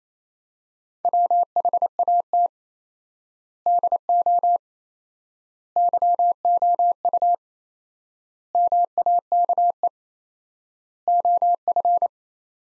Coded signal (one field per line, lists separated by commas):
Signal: Morse code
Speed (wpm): 28 wpm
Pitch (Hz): 700 Hz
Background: none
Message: WHAT DO YOU MAKE OF